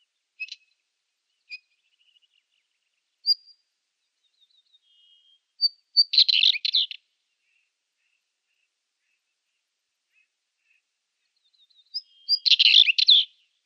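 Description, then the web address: Northern Wheatear song: scattered short high chirps, then two dense scratchy warbled phrases around six and twelve seconds, otherwise quiet background. "Schulze Peter Northern Wheatear song"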